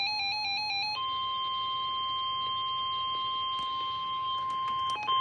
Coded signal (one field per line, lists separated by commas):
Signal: Emergency Alert System (SAME) tones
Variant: 1050 Hz attention tone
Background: music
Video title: EAS - WXK97 Marine Warning